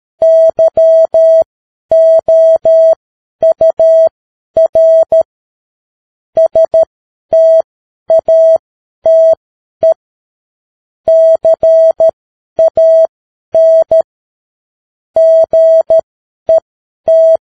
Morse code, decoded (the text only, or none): YOUR STATE CAN GET